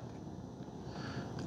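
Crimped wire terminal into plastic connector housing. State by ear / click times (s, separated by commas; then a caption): seated / 1.4 s. A crimped wire terminal is pushed further into a plastic connector housing over a steady low rumble of background noise. A short, sharp second click at 1.4 seconds shows the pin has locked into the housing and is retained.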